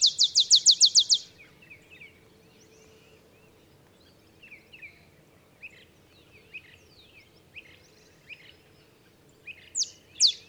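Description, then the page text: Olive sparrow song of about eight loud, rapid down-slurred chips, followed by scattered thin calls and twitters and a couple of louder notes near the end. Olive sparrow singing in the early morning in Texas, 50 miles north of the Mexican border; simple songs like a field sparrow's bouncing-ball song, though less mellow and melancholy. "Birdsong for the Curious Naturalist. songs Olive Sparrow. Recording early morning just 50 miles north of the Mexican border in Texas"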